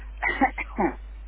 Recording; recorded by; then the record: voluntary cough; telephone call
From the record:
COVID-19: positive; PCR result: checked with the laboratory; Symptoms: no